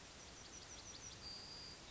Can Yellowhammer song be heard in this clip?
yes